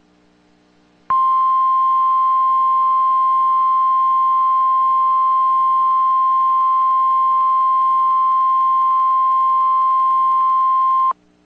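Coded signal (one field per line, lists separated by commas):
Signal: Emergency Alert System (SAME) tones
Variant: 1050 Hz attention tone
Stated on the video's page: Test tornado warning issued by the National Weather Service for north central and northeastern Illinois.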